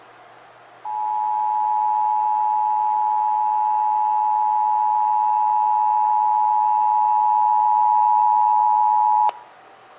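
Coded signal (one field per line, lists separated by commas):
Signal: Emergency Alert System (SAME) tones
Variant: 853 and 960 Hz attention tone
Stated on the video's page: Texas required monthly test, heard on several Dallas–Fort Worth radio and TV stations.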